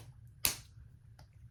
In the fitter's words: locks in place caps plastic but